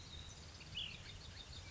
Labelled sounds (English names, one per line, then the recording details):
Ash-throated Flycatcher
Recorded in Sonoma County, California